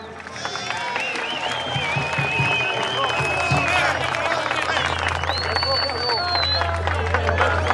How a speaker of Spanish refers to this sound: Les decía que les mandé a pedir con el vicepresidente ejecutivo Aristóbulo Isturiz, un aplauso al profe.